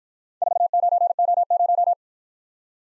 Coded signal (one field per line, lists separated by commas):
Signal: Morse code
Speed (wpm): 53 wpm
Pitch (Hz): 700 Hz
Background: none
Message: 49O0